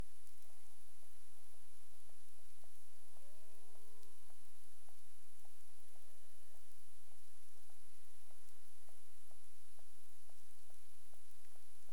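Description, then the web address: Cetacean click series of crisp, evenly spaced ticks mixed with several looping and flat whistles, some overlapping, against continuous background hiss. Recorded in Bermuda on 22 April 2021 at 23:47 UTC; clicks. "CARIMAM. BERMUDE 23 h 47 clic"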